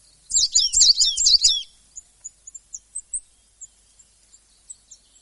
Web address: coal tit